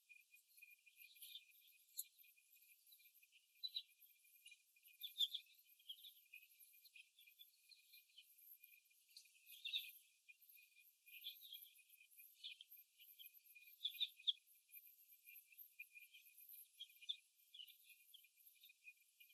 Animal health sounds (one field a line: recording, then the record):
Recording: young laying hens in a cage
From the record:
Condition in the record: after the stressor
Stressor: simulated dog barking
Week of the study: 1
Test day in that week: 1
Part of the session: 2